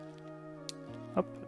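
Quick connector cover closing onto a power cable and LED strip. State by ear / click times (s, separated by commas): seated / 0.7 s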